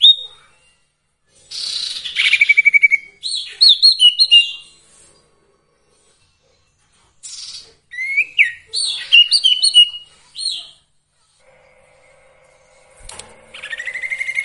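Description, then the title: Sirtu song in several bursts of chirps, slurred whistles and short trills, separated by pauses of a few seconds, with a faint hum and a rising note near the end. Varied song used for training songbirds. "Masteran Sirtu Full Variasi"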